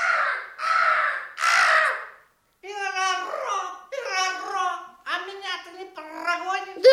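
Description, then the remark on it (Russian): Three harsh, raspy crow caws in a steady row, followed after a short pause by a voice talking in a lively, sing-song way. “И ты, ворона.”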